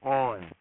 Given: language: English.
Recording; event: throat vibration sensor signal played as sound; speech